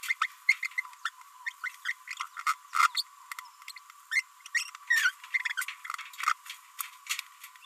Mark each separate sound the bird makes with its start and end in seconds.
0.03-0.13, 0.21-0.26, 0.49-0.56, 0.63-0.67, 0.78-0.80, 1.05-1.09, 1.47-1.49, 1.64-1.68, 1.85-1.92, 2.47-2.54, 2.73-2.87, 2.95-3.02, 3.68-3.71, 4.12-4.21, 4.55-4.66, 4.91-5.10, 5.58-5.63, 6.20-6.32, 6.79-6.86